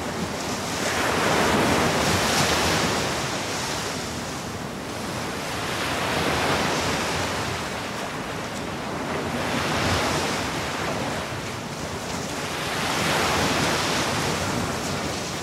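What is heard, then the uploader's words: Big waves crash against the shore in slow, rolling surges about every four seconds, a dense, steady roar with a breezy hiss underneath. Big Waves: Soothing Sounds of the Ocean. The calming and therapeutic sounds of big waves crashing against the shore. This episode features only natural soundscapes with no dialogue or voice.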